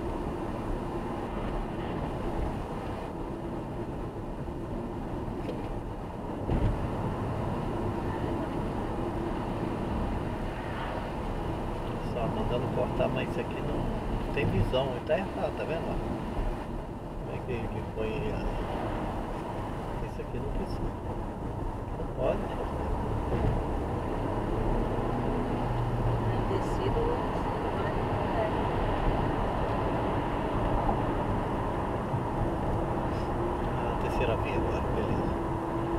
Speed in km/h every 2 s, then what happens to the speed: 74, 72, 74, 76, 71, 72, 69, 67, 69, 71, 78, 94, 96, 104, 108, 106, 104, 101.
0-6 steady at about 74. 6-15 slows to 67. 15-27 speeds up to 108.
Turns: none.